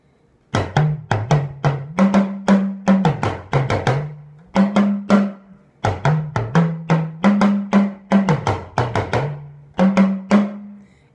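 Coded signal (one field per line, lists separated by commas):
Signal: talking drum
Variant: Yoruba dùndún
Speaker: the song itself mirrors the linguistic characteristics of the words that go along with the song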